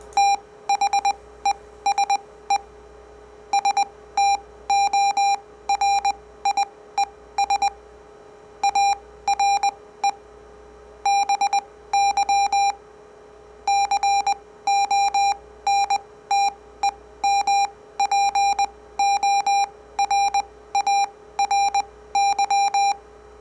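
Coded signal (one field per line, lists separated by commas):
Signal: Morse code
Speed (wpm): 20 wpm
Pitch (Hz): 800 Hz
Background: none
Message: THESE STORIES ARE BY CONTEMPORARY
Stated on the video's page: Morse code generated with different waveforms, sine, square and sawtooth, as a copying experiment.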